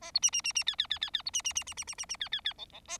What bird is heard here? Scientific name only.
Lonchura striata domestica